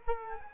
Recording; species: mosquito wingbeat signal from an infrared sensor; Culex quinquefasciatus